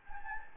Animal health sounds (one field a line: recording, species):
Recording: mosquito wingbeat signal from an infrared sensor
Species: Anopheles gambiae